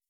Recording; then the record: hydrophone in a shrimp aquaculture tank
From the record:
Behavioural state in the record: weakened